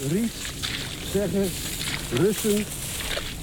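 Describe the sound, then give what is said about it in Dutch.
A person walking ahead wades through a marsh, sweeping a net back and forth through reeds, sedges and rushes, giving a steady rustling, splashy hiss broken by brief murmured voices. “loopt voor me en zwaait met zijn net heen en weer door de vegetatie.”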